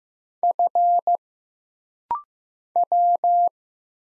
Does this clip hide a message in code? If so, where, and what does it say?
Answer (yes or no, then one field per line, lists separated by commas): yes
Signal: Morse code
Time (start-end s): 0.4-3.5 s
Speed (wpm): 15 wpm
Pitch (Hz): 700 Hz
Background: none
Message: F W